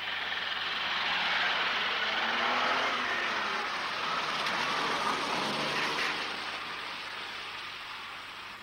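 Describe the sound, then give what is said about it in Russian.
A car drives along with a steady, hissing road noise and a low engine hum that swells slightly mid-way and then gradually fades, with no voices. “Ирина едет на машине.”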